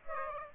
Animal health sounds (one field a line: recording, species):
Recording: mosquito wingbeat signal from an infrared sensor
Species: Aedes aegypti